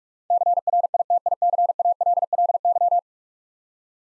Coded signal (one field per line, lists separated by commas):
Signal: Morse code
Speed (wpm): 44 wpm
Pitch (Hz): 700 Hz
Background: none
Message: CRITICALLY